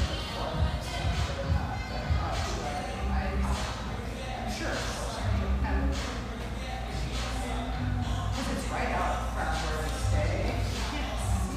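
Lively chatter fills a spacious tea room, many voices overlapping in a steady, dense murmur with no single speaker standing out. Low thumps and shuffling sounds recur every second or two, and brief clatters of dishes or movement flicker through the whole twelve seconds.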